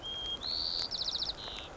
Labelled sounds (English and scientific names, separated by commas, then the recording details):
White-crowned Sparrow (Zonotrichia leucophrys)
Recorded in Sonoma County, California